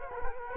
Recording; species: mosquito wingbeat signal from an infrared sensor; Culex quinquefasciatus